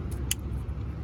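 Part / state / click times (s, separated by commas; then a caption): parking sensor into bumper / seated / 0.3 s. A parking sensor on a 2006-2011 Cadillac DTS is pushed back into place in the bumper against a low, steady rumble. One sharp click sounds at 0.3 s as it snaps back into place, seated.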